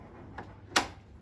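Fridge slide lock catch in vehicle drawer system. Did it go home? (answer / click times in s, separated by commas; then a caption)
yes / 0.8 s. After two catches are released, the fridge slide of a Drifta drawer system in a Toyota FJ is pulled out, giving a faint tick at 0.4 s. It then latches into its extended position with a sharp metal click at 0.8 s, and the slide is locked in place.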